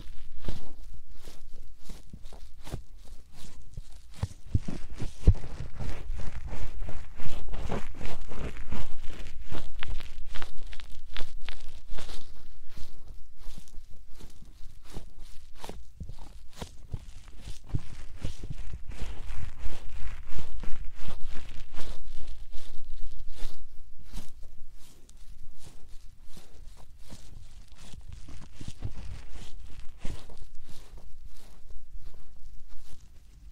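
Soft puffing sounds thump rapidly and irregularly over a steady low rumble, continuing at an even density for the whole stretch.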